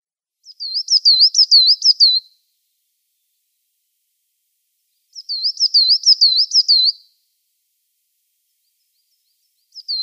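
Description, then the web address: Coal Tit song: high, bright phrases of quickly repeated two-note syllables, each phrase about two seconds long, separated by several seconds of silence. "Schulze Peter Coal Tit song"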